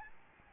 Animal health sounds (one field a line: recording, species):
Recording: mosquito wingbeat signal from an infrared sensor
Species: Aedes albopictus